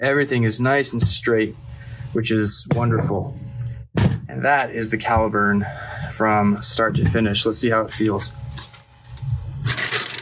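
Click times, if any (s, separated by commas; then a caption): none. Someone talks while handling a finished 3D-printed foam dart blaster, with a few short knocks and handling sounds and a burst of music near the end. The plunger catch has not yet engaged the sear, so nothing has clicked into place yet.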